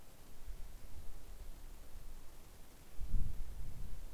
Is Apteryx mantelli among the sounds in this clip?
no